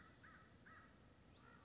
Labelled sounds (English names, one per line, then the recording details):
American Crow
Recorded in Sonoma County, California